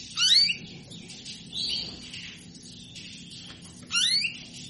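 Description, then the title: Canary song: sharp upswept chirps and short warbled phrases in bursts, high-pitched, with quieter trills between; faint low hum underneath. Female canary calling to solicit mating; played to stimulate canaries into singing. "Canto Para Esquentar Canário Belga. Suara burung kenari betina minta kawin"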